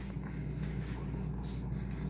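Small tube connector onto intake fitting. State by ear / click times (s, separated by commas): not seated / none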